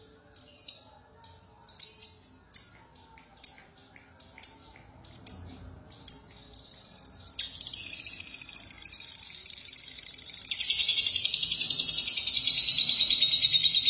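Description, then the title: Lovebird song: seven sharp high chips spaced about a second apart, then swelling into continuous buzzy, rapid twittering chatter that grows louder. "Suara Burung Lovebird"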